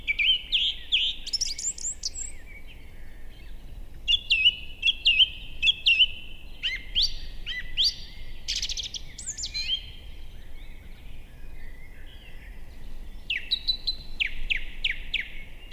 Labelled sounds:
Song Thrush (Turdus philomelos) song

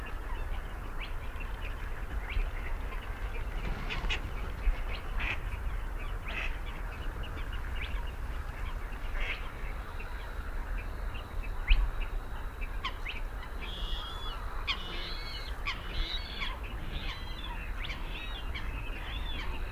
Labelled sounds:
Spotted Crake (Porzana porzana)

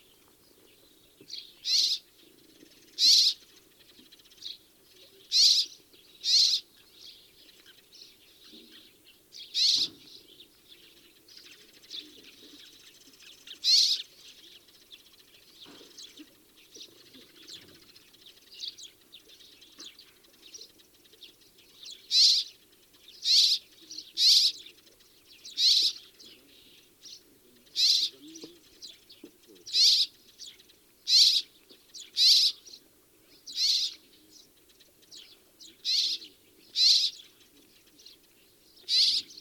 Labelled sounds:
Rock Sparrow (Petronia petronia) call

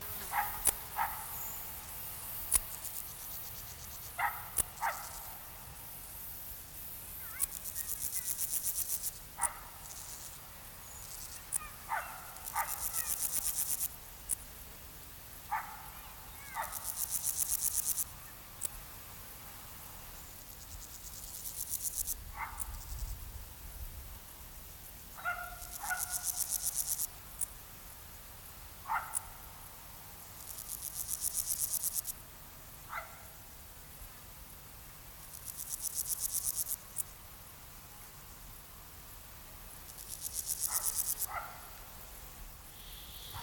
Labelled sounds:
Meadow Grasshopper (Chorthippus parallelus) stridulation

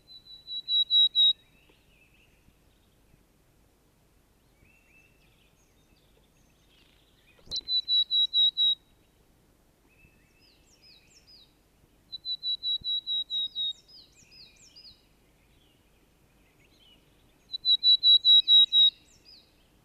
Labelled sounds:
Willow Tit (Poecile montanus) song

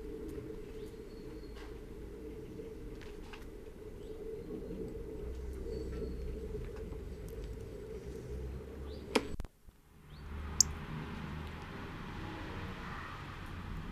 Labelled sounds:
European Robin (Erithacus rubecula) call

